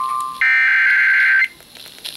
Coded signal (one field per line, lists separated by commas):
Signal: Emergency Alert System (SAME) tones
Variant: header bursts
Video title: FREEFORM JAZZ... EAS Alerts from 7/17/21 (EAS #5,917 - 5,928)